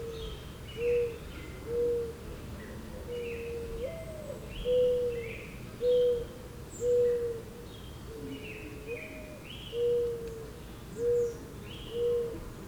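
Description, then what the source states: Mourning Dove song: two coos, then twice a soft slurred coo rising sharply followed by three even, mellow coos, over quieter higher-pitched birdsong phrases. Two mourning doves recorded together with a robin.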